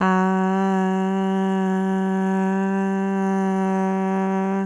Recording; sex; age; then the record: sustained vowel /a/; female; 20 to 29 years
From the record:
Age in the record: 20 years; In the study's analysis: included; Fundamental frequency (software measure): 192 Hz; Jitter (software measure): 0.49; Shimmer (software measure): 0.54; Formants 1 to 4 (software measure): 857 Hz, 1683 Hz, 2802 Hz, 4152 Hz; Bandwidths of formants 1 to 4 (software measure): 260 Hz, 150 Hz, 217 Hz, 247 Hz